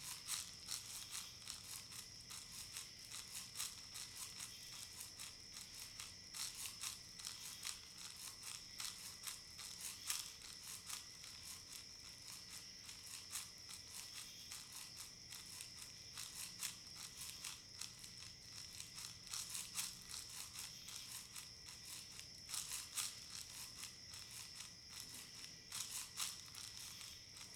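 Crickets chirr in a steady, dense, high-pitched pulsing that runs without a break for the whole half minute, with rapid ticking and small swells in loudness. Beneath them sits a faint, low, sustained drone that barely changes.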